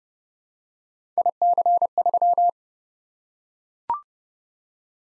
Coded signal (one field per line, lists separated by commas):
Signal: Morse code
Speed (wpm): 30 wpm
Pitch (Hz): 700 Hz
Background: none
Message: IC3